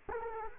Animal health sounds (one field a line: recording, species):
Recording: mosquito wingbeat signal from an infrared sensor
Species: Culex quinquefasciatus